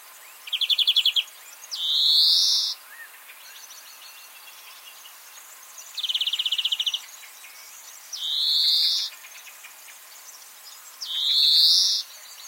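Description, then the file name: European greenfinch song of quick trills and long nasal wheezes, separated by pauses. "Chloris chloris"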